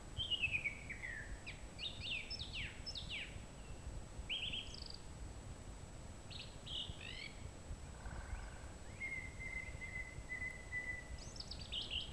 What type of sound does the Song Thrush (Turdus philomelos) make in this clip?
song